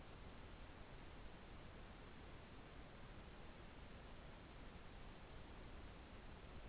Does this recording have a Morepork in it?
no